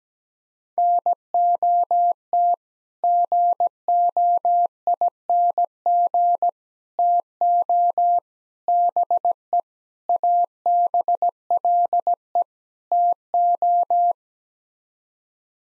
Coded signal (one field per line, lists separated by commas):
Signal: Morse code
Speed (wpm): 17 wpm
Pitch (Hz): 700 Hz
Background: none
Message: NOT GOING TO BE ABLE TO